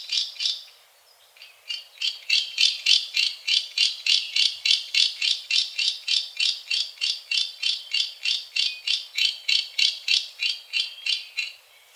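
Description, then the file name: Great snipe display call: a long, steady series of sharp, rattling clicks, about three per second, each a high dry burst, continuing through most of the stretch. "Dupel lesnoj"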